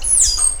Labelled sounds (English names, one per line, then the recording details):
Stitchbird song
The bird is a male
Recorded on Tiritiri Matangi Island, New Zealand, in 2005
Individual 12, of nest box 16